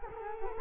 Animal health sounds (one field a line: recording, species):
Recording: mosquito wingbeat signal from an infrared sensor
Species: Culex quinquefasciatus